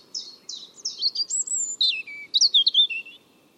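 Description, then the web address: European robin singing a quick run of bright, high notes that slide downward, then a sparkling twittered ending; faint background hiss throughout. "Deverinetal 2025 File origin Bird Only Er Ru"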